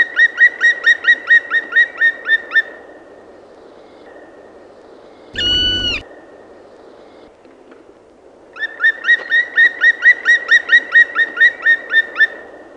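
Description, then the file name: Black woodpecker giving fast repeated ringing calls in two runs, with a brief louder sound in the quiet gap between them. "PALOKARKI"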